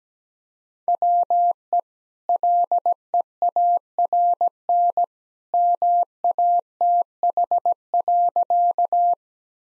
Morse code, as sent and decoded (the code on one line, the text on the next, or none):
.-- . / .-.. . .- .-. -. / -- .- - .... .-.-.-
WE LEARN MATH.